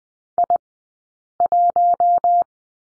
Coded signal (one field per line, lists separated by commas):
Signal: Morse code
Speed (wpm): 20 wpm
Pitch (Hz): 700 Hz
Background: none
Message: I1